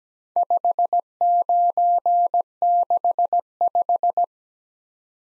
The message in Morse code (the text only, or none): 5965